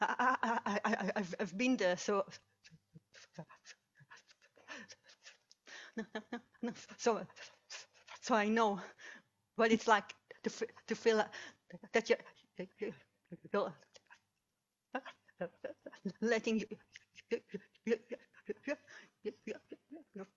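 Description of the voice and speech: An adult woman speaks in short fragments, repeating opening sounds and short words several times, stretching sounds, and falling into silent blocks of three to four seconds between words. This is stuttered speech, with part-word and word repetitions, prolongations and blocks.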